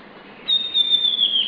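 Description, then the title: Southern chestnut-tailed antbird call: one long pure whistle that starts high and slowly falls in pitch. Subspecies pallens. "LuckyPassaro Completos2Sama. Southern Chestnut-tailed Antbird (Myrmeciza hemimelaena pallens)"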